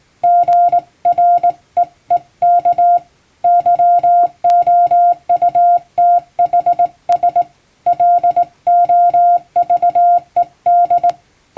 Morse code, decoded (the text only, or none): GREEK YOUTHS LOVED